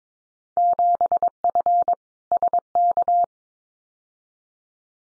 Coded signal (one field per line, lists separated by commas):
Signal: Morse code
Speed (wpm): 22 wpm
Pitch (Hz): 700 Hz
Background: none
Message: 7F SK